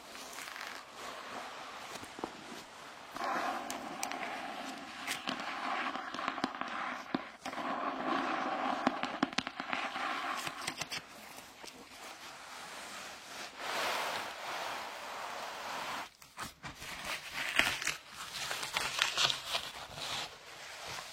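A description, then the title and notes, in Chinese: Book pages being flipped, a dense run of papery crackles and rustles with sharper snaps, briefly quieter around sixteen seconds. 好听舒服的翻书的声音｜白噪音。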